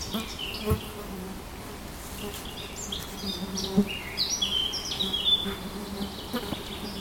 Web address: linnut mustapaa